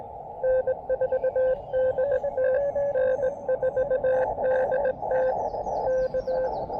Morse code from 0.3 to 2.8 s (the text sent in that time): N4DT